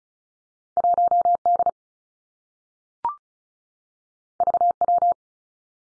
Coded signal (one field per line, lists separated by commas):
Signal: Morse code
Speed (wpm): 36 wpm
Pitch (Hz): 700 Hz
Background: none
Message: 1 D V W